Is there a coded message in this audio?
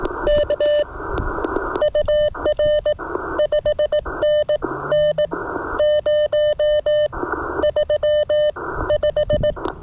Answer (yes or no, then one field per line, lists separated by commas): yes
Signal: Morse code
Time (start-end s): 0.3-9.5 s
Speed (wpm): 18 wpm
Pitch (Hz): 590 Hz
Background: none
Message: K UR 5NN 035